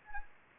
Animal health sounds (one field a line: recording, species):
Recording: mosquito wingbeat signal from an infrared sensor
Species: Anopheles arabiensis